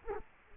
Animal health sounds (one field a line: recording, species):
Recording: mosquito wingbeat signal from an infrared sensor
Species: Culex quinquefasciatus